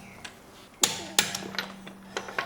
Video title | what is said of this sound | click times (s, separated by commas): 2013-2019 Toyota Corolla – Tire Rotation | Just go till it clicks. | 0.8 s, 1.2 s